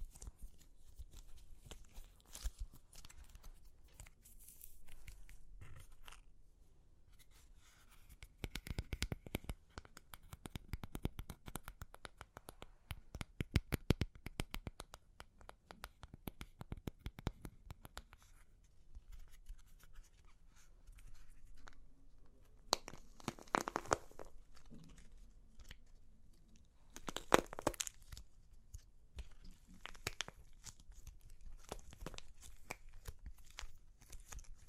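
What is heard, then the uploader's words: Crunchy clay cracks and crumbles in dense bursts of sharp, brittle snaps, with busy clusters around 9–17 seconds and strong crunches near 23 and 27 seconds. Between bursts come quieter scraping and crinkling sounds, over a low, steady rumble. Super Crunchy Clay Cracking (No Talking).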